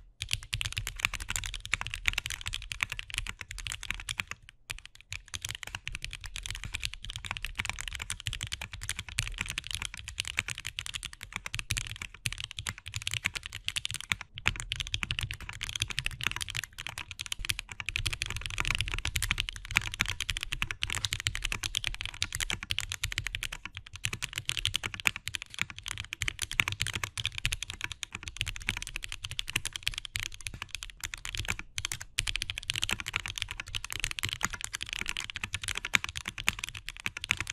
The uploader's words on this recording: Wilba.Tech Salvation 3D Binaural ASMR Typing. 3d Binaural ASMR typing on a Wilba.Tech Salvation with lubed and filmed Gateron Black Ink switches and GMK Nautilus keycaps.